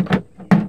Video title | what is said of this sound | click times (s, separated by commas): VEGO Rolling Self Watering Patio Planter with Trellis | that locks in place so it's not just flimsy sitting up there it's actually locking in just | 0.5 s